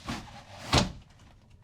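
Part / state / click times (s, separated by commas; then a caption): shower curtain panel into its side lock on the shower enclosure / seated / 0.7 s. A rigid shower curtain panel in a Surveyor 235FKLE travel trailer is closed into its side lock on the shower enclosure, giving a soft thud near 0.1 s and then a firm knock at 0.7 s as it locks into place. The panel is seated and sealed, with no gap for water to escape on either side.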